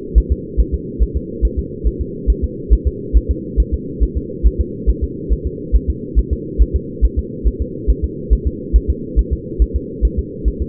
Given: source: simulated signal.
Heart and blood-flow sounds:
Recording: fetal heart sounds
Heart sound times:
0.18 s: S1
0.32 s: S2
0.60 s: S1
0.74 s: S2
1.03 s: S1
1.17 s: S2
1.45 s: S1
1.59 s: S2
1.87 s: S1
2.02 s: S2
2.30 s: S1
2.44 s: S2
2.73 s: S1
2.88 s: S2
3.17 s: S1
3.31 s: S2
3.60 s: S1
3.74 s: S2
4.03 s: S1
4.18 s: S2
4.47 s: S1
4.61 s: S2
4.90 s: S1
5.04 s: S2
5.33 s: S1
5.47 s: S2
5.76 s: S1
5.90 s: S2
6.19 s: S1
6.33 s: S2
6.62 s: S1
6.76 s: S2
7.05 s: S1
7.19 s: S2
7.47 s: S1
7.62 s: S2
7.90 s: S1
8.05 s: S2
8.33 s: S1
8.47 s: S2
8.76 s: S1
8.90 s: S2
9.19 s: S1
9.33 s: S2
9.62 s: S1
9.76 s: S2
10.05 s: S1
10.19 s: S2
10.48 s: S1
10.62 s: S2
From the record:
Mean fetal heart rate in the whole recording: 140 bpm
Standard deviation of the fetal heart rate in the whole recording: 2 bpm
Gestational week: 34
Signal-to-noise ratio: -4.1 dB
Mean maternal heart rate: no maternal heart sound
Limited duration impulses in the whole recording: absent

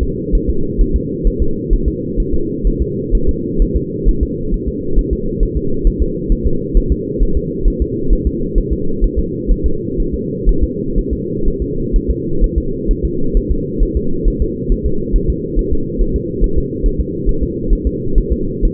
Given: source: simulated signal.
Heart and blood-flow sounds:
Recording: fetal heart sounds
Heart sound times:
0.03 s: S2
0.35 s: S1
0.50 s: S2
0.81 s: S1
0.96 s: S2
1.27 s: S1
1.42 s: S2
1.73 s: S1
1.88 s: S2
2.20 s: S1
2.34 s: S2
2.67 s: S1
2.82 s: S2
3.15 s: S1
3.29 s: S2
3.62 s: S1
3.77 s: S2
4.09 s: S1
4.23 s: S2
4.54 s: S1
4.68 s: S2
4.98 s: S1
5.13 s: S2
5.43 s: S1
5.57 s: S2
5.87 s: S1
6.02 s: S2
6.32 s: S1
6.47 s: S2
6.77 s: S1
6.92 s: S2
7.23 s: S1
7.37 s: S2
7.68 s: S1
7.82 s: S2
8.13 s: S1
8.27 s: S2
8.58 s: S1
8.73 s: S2
9.04 s: S1
9.19 s: S2
9.52 s: S1
9.66 s: S2
10.00 s: S1
10.14 s: S2
10.49 s: S1
10.64 s: S2
10.98 s: S1
11.13 s: S2
11.48 s: S1
11.62 s: S2
11.96 s: S1
12.11 s: S2
12.44 s: S1
12.58 s: S2
12.91 s: S1
13.05 s: S2
13.37 s: S1
13.52 s: S2
13.83 s: S1
13.97 s: S2
14.28 s: S1
14.42 s: S2
14.72 s: S1
14.86 s: S2
15.16 s: S1
15.30 s: S2
15.59 s: S1
15.73 s: S2
16.01 s: S1
16.16 s: S2
16.44 s: S1
16.58 s: S2
16.86 s: S1
17.00 s: S2
17.29 s: S1
17.43 s: S2
17.73 s: S1
17.87 s: S2
18.18 s: S1
18.32 s: S2
18.65 s: S1
From the record:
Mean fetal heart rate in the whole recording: 130 bpm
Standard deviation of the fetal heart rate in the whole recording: 4 bpm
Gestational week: 38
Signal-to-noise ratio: -8.1 dB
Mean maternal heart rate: 72 bpm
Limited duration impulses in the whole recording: present

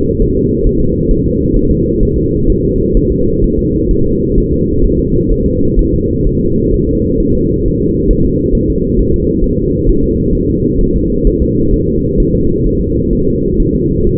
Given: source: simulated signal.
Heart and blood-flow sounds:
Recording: fetal heart sounds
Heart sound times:
0.22 s: S1
0.37 s: S2
0.67 s: S1
0.81 s: S2
1.11 s: S1
1.26 s: S2
1.56 s: S1
1.71 s: S2
2.03 s: S1
2.17 s: S2
2.50 s: S1
2.64 s: S2
2.97 s: S1
3.12 s: S2
3.44 s: S1
3.59 s: S2
3.91 s: S1
4.06 s: S2
4.38 s: S1
4.52 s: S2
4.84 s: S1
4.99 s: S2
5.32 s: S1
5.46 s: S2
5.79 s: S1
5.94 s: S2
6.27 s: S1
6.41 s: S2
6.74 s: S1
6.89 s: S2
7.20 s: S1
7.35 s: S2
7.66 s: S1
7.80 s: S2
8.11 s: S1
8.25 s: S2
8.55 s: S1
8.70 s: S2
8.99 s: S1
9.14 s: S2
9.44 s: S1
9.59 s: S2
9.89 s: S1
10.04 s: S2
10.35 s: S1
10.50 s: S2
10.81 s: S1
10.96 s: S2
11.27 s: S1
11.42 s: S2
11.74 s: S1
11.88 s: S2
12.20 s: S1
12.35 s: S2
12.66 s: S1
12.81 s: S2
13.13 s: S1
13.28 s: S2
13.60 s: S1
13.74 s: S2
14.07 s: S1
From the record:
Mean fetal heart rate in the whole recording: 130 bpm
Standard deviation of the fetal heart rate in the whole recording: 4 bpm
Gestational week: 38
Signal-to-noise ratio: -15.3 dB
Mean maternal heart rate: 72 bpm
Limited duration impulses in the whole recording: present

